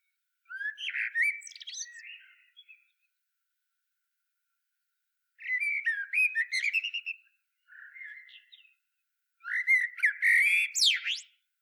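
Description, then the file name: Common blackbird song: several warbling fluty phrases with brief pauses, the last rising into a sharp, high squealing twitter. "Turdus merula"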